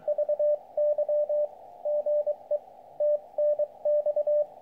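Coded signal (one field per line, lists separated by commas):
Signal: Morse code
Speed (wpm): 23 wpm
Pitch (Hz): 590 Hz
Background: none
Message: VY GE TNX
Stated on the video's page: CW contacts on 40m using an 8010P end-fed antenna installed on a roof.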